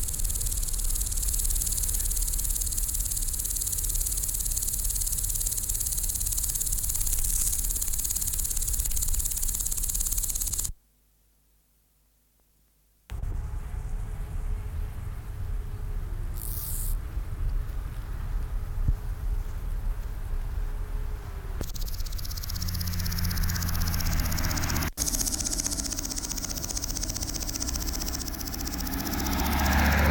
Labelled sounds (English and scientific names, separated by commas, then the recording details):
Steppe Grasshopper (Chorthippus dorsatus) stridulation
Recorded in the wild
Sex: male
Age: imago
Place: Lienen, Nordrhein-Westfalen, DE
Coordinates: 52.145, 7.974
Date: 1991-09-21 10:53
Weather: am Gras 18,1°C, in der Sonne 29,8°C
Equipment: Marantz, Sennheiser ME 80, Kopie Tesla B 116
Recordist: Tembrock, Günter